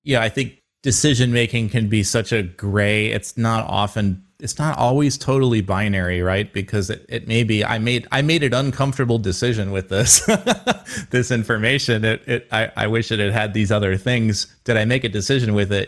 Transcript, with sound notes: Yeah, I think decision-making can be such a gray—it’s not often—it’s not always totally binary because it may be—I made an uncomfortable decision with this [laughs] information, that I wish it had had these other things—“Did I make a decision with it?